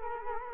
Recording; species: mosquito wingbeat signal from an infrared sensor; Culex quinquefasciatus